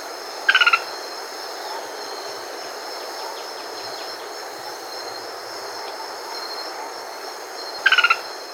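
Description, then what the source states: Rusty-fronted tody-flycatcher calling twice, about seven seconds apart, each a short fast series of four or five descending notes, with constant insect drone behind. Recorded in South America.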